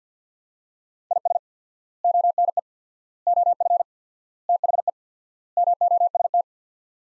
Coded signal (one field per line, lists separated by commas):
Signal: Morse code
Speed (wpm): 46 wpm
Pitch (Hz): 700 Hz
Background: none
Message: IS ONE OF THE MOST